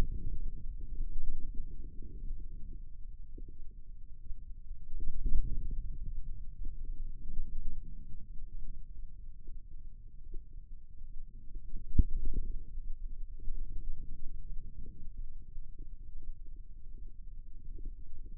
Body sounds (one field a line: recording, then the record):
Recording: forearm muscle sounds (acoustic myography)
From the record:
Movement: radial deviation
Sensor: system 2, bracelet of six BSWA MPA416 microphones around the upper forearm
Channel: 6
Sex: female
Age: 25 years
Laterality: right